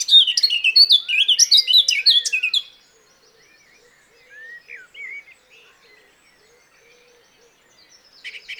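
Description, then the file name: Eurasian blackcap song: a short, brisk warble under three seconds, followed by faint whistles and chirps. "Sylvia atricapilla"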